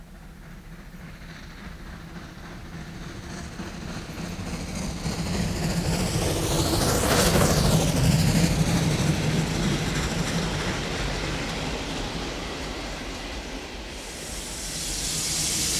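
A train rumbles steadily along the rails with a broad hiss, swelling louder midway with a sweeping whoosh, then easing slightly before a brighter hiss rises at the end. No one speaks.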